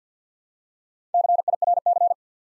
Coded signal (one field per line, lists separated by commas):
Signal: Morse code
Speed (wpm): 50 wpm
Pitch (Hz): 700 Hz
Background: none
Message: CIRC